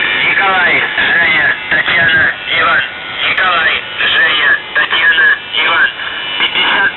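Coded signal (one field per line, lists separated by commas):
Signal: numbers station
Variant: UVB-76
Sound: a male voice speaking over a noisy shortwave channel, words run together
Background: radio static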